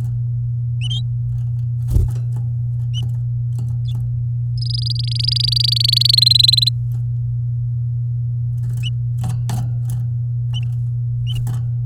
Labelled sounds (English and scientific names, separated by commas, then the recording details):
Domestic Canary (Serinus canaria) song
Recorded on 9 May 2018 at 08:18
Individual llb16